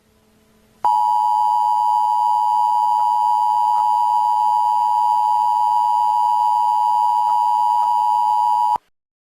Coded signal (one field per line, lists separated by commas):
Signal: Emergency Alert System (SAME) tones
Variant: 853 and 960 Hz attention tone